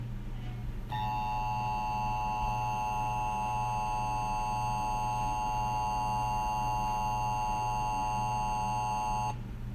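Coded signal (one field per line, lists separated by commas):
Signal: Emergency Alert System (SAME) tones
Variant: 853 and 960 Hz attention tone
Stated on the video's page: Fictional EAS scenario built from borrowed sounds and videos.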